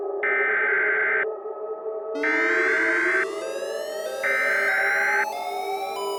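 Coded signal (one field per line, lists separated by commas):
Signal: Emergency Alert System (SAME) tones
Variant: header bursts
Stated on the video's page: Simulated tsunami scenario using valid EAS tones on a DASDEC II cable-style screen, with alert tones from ER50, G-Storm G70W and ER10VP V1 weather radios.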